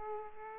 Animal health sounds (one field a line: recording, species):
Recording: mosquito wingbeat signal from an infrared sensor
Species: Aedes aegypti